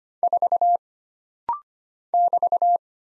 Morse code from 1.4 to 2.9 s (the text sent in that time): <BT>